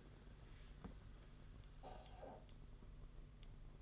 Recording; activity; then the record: daily activity, microphone in the room; make coffee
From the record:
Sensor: 4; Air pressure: 992.4 hPa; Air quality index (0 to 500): 142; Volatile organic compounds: 76 ppm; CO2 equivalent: 3570 ppm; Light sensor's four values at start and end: 18/62/23/24 and 18/61/22/23